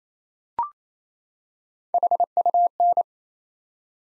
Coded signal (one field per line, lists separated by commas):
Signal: Morse code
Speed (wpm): 27 wpm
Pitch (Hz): 700 Hz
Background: none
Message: HUN